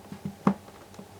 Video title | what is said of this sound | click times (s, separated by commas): Kamen Rider Ghost GC02 Musashi & Edison Damashii Ghost Change Series Review | in mathematical simplepie and you just push this in and you can probably heard that if not to hear it again it will be a little little click in the plastic and | 0.5 s